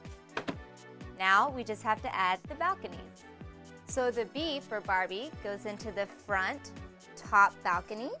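A plastic roof is lined up on the walls of a Barbie Dreamhouse toy dollhouse and pushed down, giving a sharp double snap at 0.4 s and 0.5 s as it seats. Someone then talks over background music.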